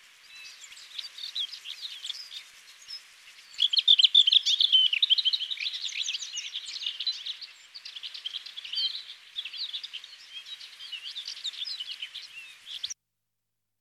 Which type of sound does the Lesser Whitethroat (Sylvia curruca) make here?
song